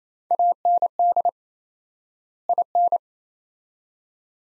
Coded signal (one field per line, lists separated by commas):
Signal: Morse code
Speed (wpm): 28 wpm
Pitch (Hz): 700 Hz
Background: none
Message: AND IN